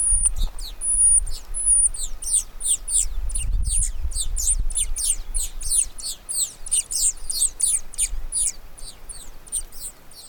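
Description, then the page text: Brandt's mountain finch calls: a rapid, uneven stream of thin, high chirps and twitters, several each second, over a low rumble. Recorded in Ladakh. "brandts mountain finch – Birds of Ladakh"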